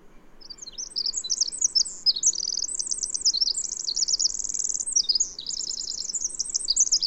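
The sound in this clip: Bird singing a continuous high-pitched medley of quick chirps, rattling trills and sweeping slurs, the phrases tumbling into one another with barely a break.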